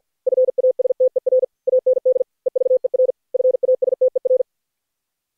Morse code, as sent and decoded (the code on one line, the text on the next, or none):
..-. .- ... - . .-. / .- -. -.. / . ...- . .-. / ..-. .- ... - . .-.
FASTER AND EVER FASTER